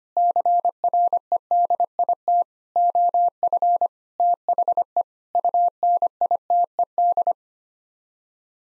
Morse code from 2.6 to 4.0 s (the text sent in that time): OF